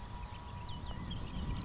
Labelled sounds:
California Quail (Callipepla californica)
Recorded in Sonoma County, California

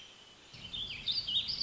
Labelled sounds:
Warbling Vireo (Vireo gilvus)
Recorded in Sonoma County, California

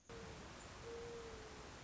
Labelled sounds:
Mourning Dove (Zenaida macroura)
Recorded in Sonoma County, California

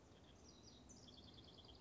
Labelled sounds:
House Wren (Troglodytes aedon)
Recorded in Sonoma County, California

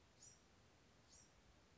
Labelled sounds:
Bewick's Wren (Thryomanes bewickii)
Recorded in Sonoma County, California

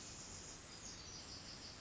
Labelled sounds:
Pacific Wren (Troglodytes pacificus)
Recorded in Sonoma County, California

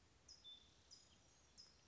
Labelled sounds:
California Towhee (Melozone crissalis)
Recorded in Sonoma County, California

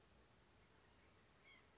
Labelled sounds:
White-breasted Nuthatch (Sitta carolinensis)
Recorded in Sonoma County, California

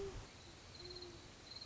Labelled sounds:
Great Horned Owl (Bubo virginianus)
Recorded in Sonoma County, California

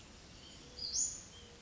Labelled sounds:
White-breasted Nuthatch (Sitta carolinensis)
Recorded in Sonoma County, California

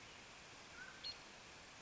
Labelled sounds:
Mountain Quail (Oreortyx pictus)
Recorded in Sonoma County, California

